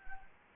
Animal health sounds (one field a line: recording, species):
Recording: mosquito wingbeat signal from an infrared sensor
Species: Anopheles gambiae